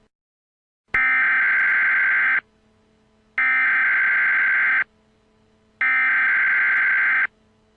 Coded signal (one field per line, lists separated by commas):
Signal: Emergency Alert System (SAME) tones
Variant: header bursts